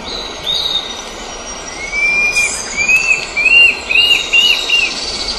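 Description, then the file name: Tufted antshrike song: a series of short arched whistled notes, repeated quickly and growing louder after a quiet start, over a steady high insect-like drone. Recorded in Urugua-í Provincial Park on 9 October 2011. "Mackenziaena-severa 2011-10-09 PP-Urugua-i Jorge-La-Grotteria"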